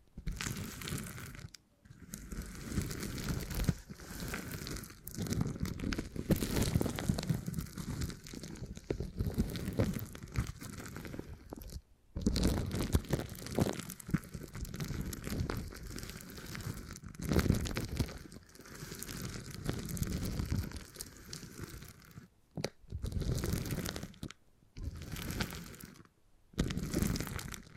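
Beeswax being pressed and worked, a dense run of sticky crunching and crinkling with brief silent gaps near 2, 12, 23 and 26 seconds.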